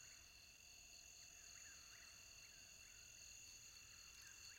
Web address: The Songs of Insects Robust Shieldback Katydid